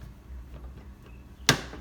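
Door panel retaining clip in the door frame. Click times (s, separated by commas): 1.5 s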